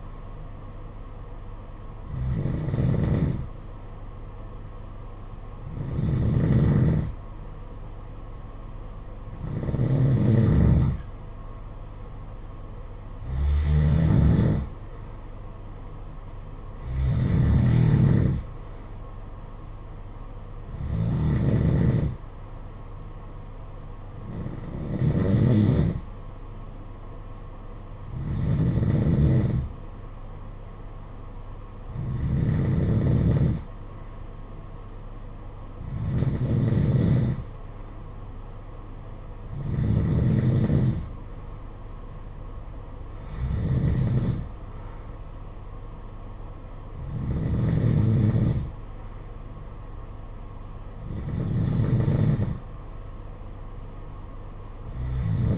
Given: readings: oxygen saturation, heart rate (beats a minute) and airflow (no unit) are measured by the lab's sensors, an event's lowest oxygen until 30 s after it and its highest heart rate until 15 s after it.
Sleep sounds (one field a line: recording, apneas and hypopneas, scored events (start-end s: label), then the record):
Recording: breathing in sleep by a smartphone at the bedside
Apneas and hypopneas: none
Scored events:
none scored
From the record:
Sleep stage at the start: N2 (light sleep)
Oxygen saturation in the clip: 90 to 92%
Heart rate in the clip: 54 to 58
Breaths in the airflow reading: 14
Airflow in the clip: -9.8 to 6.4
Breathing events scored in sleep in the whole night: 476 in 9.7 hours asleep